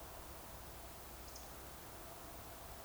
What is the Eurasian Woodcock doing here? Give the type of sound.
whistle